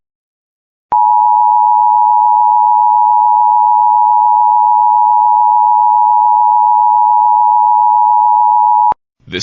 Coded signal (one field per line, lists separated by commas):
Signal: Emergency Alert System (SAME) tones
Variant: 853 and 960 Hz attention tone